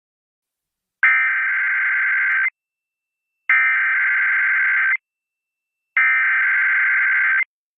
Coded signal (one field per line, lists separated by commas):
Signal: Emergency Alert System (SAME) tones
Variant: header bursts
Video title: July 14 2025 and the following is a full day eas /7/14/25/